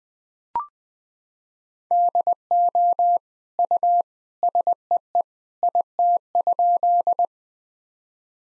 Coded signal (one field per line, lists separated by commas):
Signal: Morse code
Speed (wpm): 20 wpm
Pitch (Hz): 700 Hz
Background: none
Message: DO U SEE IT?